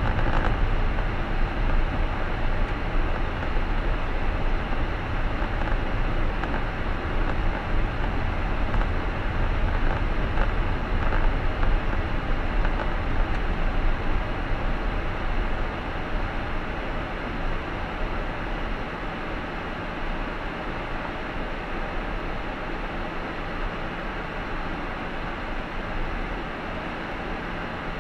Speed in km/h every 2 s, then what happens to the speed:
26, 24, 22, 23, 23, 23, 21, 17, 14, 13, 9, 9, 9, 7.
0-10 steady at about 23. 10-20 slows to 9. 20-28 steady at about 9.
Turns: 21-28.